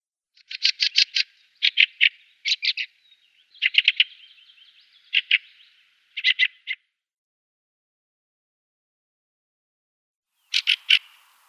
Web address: Schulze Peter Fieldfare calls